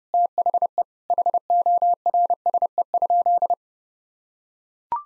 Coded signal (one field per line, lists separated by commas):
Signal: Morse code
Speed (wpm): 30 wpm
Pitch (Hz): 700 Hz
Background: none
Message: THE HORSE?